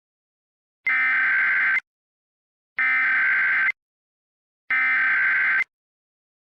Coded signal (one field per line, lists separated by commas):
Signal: Emergency Alert System (SAME) tones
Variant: header bursts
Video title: EAS Scenario - We Are Not Alone (Alien Invasion)